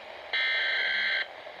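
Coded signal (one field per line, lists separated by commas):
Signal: Emergency Alert System (SAME) tones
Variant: header bursts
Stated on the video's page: Tones self-activated on a NOAA Weather Radio, played from an iPod 4G or older through a 3.5 mm headphone-to-AUX cable.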